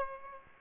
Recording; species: mosquito wingbeat signal from an infrared sensor; Aedes aegypti